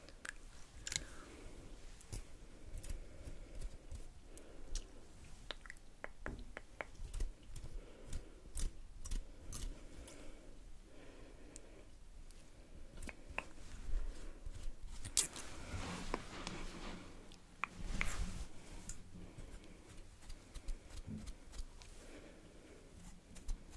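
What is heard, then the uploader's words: Brushing and combing sounds: soft scratchy bristle strokes and rustles repeat irregularly through the whole stretch, with frequent sharp ticks and small clicks scattered between them. A denser, louder burst of scraping comes around the middle and again near 18 seconds, under a low steady murmur. ASMR Comforting You With Personal Attention NO TALKING Face Brushing, Hair Combing etc.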